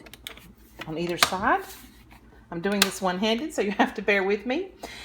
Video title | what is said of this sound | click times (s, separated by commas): Instructional Product Review Of The Ziploc Vacuum Sealer V200 Series | um bag under here with your food in it and then you close it and you will hear it click | 0.1 s, 0.3 s